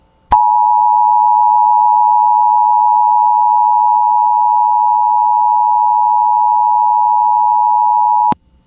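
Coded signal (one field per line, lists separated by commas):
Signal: Emergency Alert System (SAME) tones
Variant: 853 and 960 Hz attention tone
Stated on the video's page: Flash flood warning for Tulare County, Central California, aired on radio station KALT-FM.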